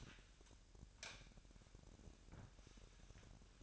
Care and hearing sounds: daily activity, microphone in the room; light on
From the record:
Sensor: 2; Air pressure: 1011.8 hPa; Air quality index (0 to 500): 217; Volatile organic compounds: 3 ppm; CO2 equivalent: 1524 ppm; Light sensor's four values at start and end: 12/27/12/12 and 16/45/18/18

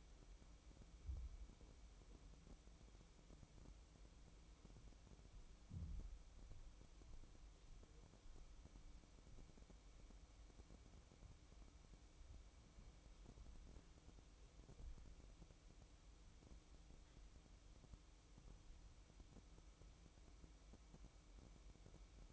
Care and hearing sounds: daily activity, microphone in the room; make coffee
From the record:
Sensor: 1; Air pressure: 1007.4 hPa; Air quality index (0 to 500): 80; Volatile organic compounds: 1 ppm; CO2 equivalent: 693 ppm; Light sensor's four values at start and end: 8/19/8/9 and 8/18/7/8

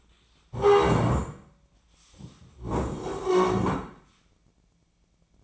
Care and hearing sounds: daily activity, microphone in the room; stand up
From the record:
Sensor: 1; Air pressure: 1012.3 hPa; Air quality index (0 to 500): 171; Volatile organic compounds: 3 ppm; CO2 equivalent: 1404 ppm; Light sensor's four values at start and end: 45/121/50/61 and 45/121/49/60

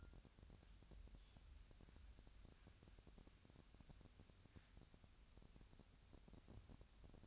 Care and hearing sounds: daily activity, microphone in the room; wipe stove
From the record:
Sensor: 2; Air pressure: 1006.9 hPa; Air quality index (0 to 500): 199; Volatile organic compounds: 14 ppm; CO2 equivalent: 2441 ppm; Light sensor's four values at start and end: 9/23/9/9 and 9/23/9/9

